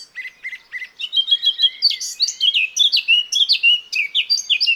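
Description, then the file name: Eurasian blackcap opening with a few evenly spaced soft notes, then breaking into a loud, quick, rich warble of varied whistles and chirps. "Sylvia atricapilla"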